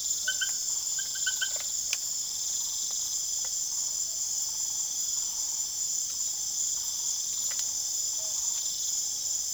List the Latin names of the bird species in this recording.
Megascops choliba